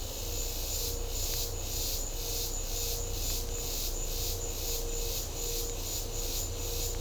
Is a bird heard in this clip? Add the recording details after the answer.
no. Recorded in secondary vegetation near Puerto Asís, Putumayo, Colombia, on 21 December 2024 at 12:00. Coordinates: 0.500, -76.326. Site G065